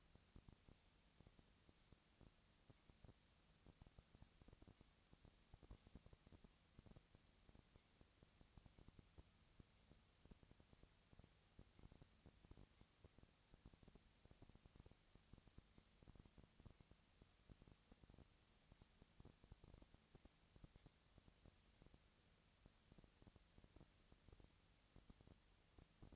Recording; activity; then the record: daily activity, microphone in the room; no activity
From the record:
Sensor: 3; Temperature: 20.4 degrees Celsius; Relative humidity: 34.4%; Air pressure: 997.0 hPa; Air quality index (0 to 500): 205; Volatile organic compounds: 68 ppm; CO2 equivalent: 3498 ppm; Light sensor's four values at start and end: 2/3/2/2 and 2/3/2/2